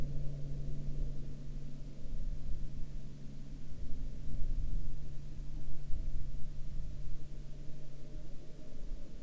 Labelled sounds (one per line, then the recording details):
aircraft
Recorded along the Dempster Highway, Canada, on 28 March 2019 at 10:05
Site 25